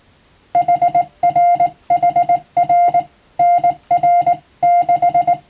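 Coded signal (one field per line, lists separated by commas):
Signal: Morse code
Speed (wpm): 20 wpm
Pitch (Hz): 700 Hz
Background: none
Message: HRHR NR 6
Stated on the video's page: Morse code reception practice for the radiotelegraph operator national exam, using telegram practice texts.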